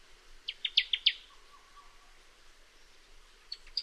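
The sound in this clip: Newtonia delivers a short burst of about five loud, high, clipped notes, followed by a soft lower whistle and two brief high notes near the end.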